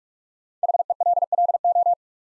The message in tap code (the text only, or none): none